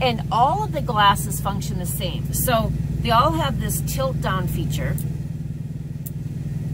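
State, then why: Seated. Someone talks over a steady low hum, then tilts the front of a pair of reading glasses down on its ratcheting temple hinge. A single sharp click at 6.1 s marks the frame seating into a detent position.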